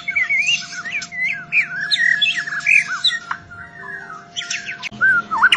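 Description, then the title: White-rumped shama song: continuous flow of sweet whistled notes, slurs and chatters over a steady low hum. Training song (masteran) for caged birds. "MASTERAN MURAI BATU LABAIK"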